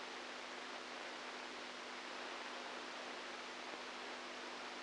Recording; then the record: brain microelectrode recording played as sound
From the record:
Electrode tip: outside the subthalamic nucleus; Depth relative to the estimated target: 1 mm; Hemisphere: right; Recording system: NeuroSet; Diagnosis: Parkinson's disease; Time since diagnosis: 10 years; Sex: female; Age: 67 years